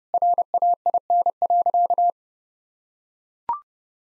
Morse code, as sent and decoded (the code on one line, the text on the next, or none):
.-. .- .. -. .-.-.-
RAIN.